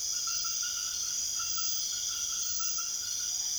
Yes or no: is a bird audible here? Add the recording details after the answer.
no. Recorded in secondary vegetation near Puerto Asís, Putumayo, Colombia, on 22 June 2025 at 22:00. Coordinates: 0.500, -76.326. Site GP08